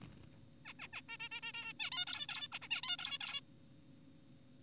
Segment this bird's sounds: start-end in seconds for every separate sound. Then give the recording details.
0.65-0.73, 0.79-0.88, 0.93-1.02, 1.09-1.17, 1.20-1.29, 1.32-1.41, 1.43-1.52, 1.54-1.73, 1.80-1.91, 1.92-2.05, 2.07-2.27, 2.29-2.48, 2.52-2.59, 2.62-2.69, 2.71-2.81, 2.83-2.96, 2.99-3.18, 3.21-3.41. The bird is an adult. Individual g4p5U